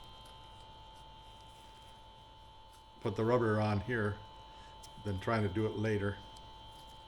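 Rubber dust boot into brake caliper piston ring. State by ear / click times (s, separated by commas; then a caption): not seated / none. While rebuilding a front brake caliper on a 1979 Porsche 924, the rubber dust boot is being fitted onto the piston to be pressed into its retaining ring. A steady hum runs throughout, and someone talks from about 3.0 to 4.1 s and again from 5.1 to 6.2 s. The boot is still being handled and nothing has seated or clicked yet.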